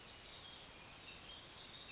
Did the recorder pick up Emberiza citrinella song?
no